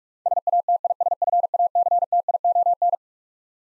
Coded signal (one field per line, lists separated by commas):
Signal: Morse code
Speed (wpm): 46 wpm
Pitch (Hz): 700 Hz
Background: none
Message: SATISFACTION